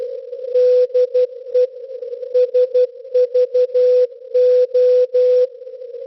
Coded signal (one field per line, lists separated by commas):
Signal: Morse code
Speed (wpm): 12 wpm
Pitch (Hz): 500 Hz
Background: none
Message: DE SVO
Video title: 8424 kHz (CW) - SVO Olympia Radio (20-08-2026) # #shortwaveradio #shortwave #svo